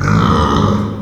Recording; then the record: squeal of a Yucatan mini pig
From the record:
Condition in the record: after surgery on the right vocal fold (resection and tissue-engineered implant); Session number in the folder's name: 15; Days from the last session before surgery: 175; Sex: female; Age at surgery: 19 weeks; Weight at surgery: 25 kg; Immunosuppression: prednisolone